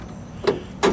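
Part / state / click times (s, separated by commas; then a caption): latch rod clip on the door latch mechanism / seated / 0.8 s. A plastic rod clip is rotated onto the door latch rod inside the bent steel door of a Jeep Wrangler YJ during an interior door handle replacement, and it takes some finagling because the rod tends to twist. A short sharp knock sounds at 0.5 s, then the clip snaps home at 0.8 s with a louder, longer click, seating it on the latch mechanism.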